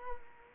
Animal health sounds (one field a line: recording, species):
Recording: mosquito wingbeat signal from an infrared sensor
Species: Culex quinquefasciatus